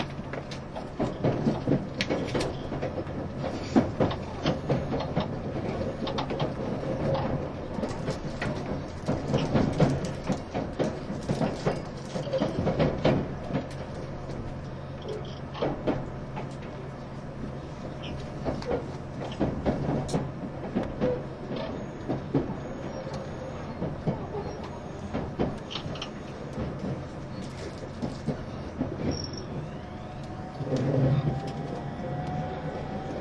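Recorded aboard a JR East E351 series tilting train on a Super Azusa service, a steady low motor hum runs throughout. Frequent clicks and rattling thumps from the rails come at irregular intervals, and a rising whine appears near the end.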